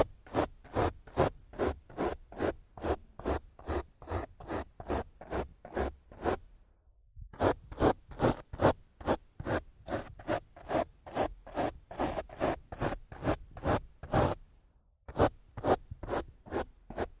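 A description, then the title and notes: Rough scratching and brushing across a mic in fast, regular strokes, with brief pauses near seven and fifteen seconds. Rough Mic Scratching & Brushing (No Talking).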